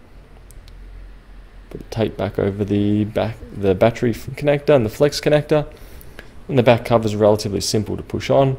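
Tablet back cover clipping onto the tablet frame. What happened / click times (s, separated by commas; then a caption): The cover is handled but has not clipped home yet / none. The plastic back cover of a Samsung Galaxy Note 10.1 2014 (SM-P605) tablet is handled, ready to be pressed around its edge so its retaining clips snap into the frame after a no-backlight fix. Two faint short ticks come near 0.5 and 0.7 s in a quiet stretch before someone talks for most of the clip. Nothing has seated or clicked yet.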